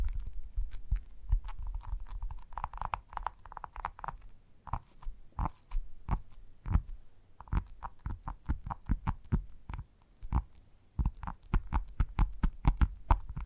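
Gentle tapping in soft, dull knocks, sparse and uneven at first, then quicker steady runs of taps after eight seconds, with faint hum underneath.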